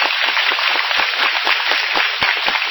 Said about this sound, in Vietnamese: Rồi cho ông một tràng pháo tay.